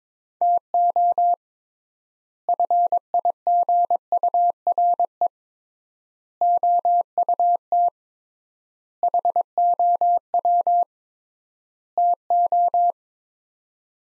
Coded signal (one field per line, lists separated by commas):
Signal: Morse code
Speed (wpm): 21 wpm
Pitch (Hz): 700 Hz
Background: none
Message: TO FIGURE OUT HOW TO